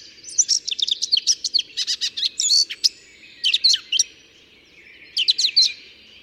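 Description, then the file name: Eurasian blackcap singing quick, scratchy warbled phrases mixing sharp clicks and clear whistles, followed by two short bursts of notes after pauses; faint low background hum. "Sylvia atricapilla"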